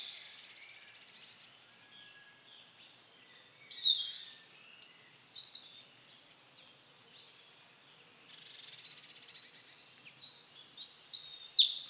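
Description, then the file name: European robin song, fairly soft: scattered high sibilant notes and short sparkling warbles, a quiet gap, then sharp piercing high notes near the end. "Erithacus rubecula"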